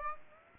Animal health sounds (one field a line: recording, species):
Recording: mosquito wingbeat signal from an infrared sensor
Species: Aedes aegypti